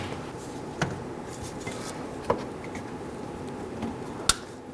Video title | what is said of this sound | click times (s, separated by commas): How To Replace Fuel Tank Pressure Sensor 1992-2000 Chevy Tahoe | listen for the click give it a nice tug go ahead and put back in your lock assuming yours isn't broken | 4.3 s